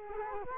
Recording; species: mosquito wingbeat signal from an infrared sensor; Culex quinquefasciatus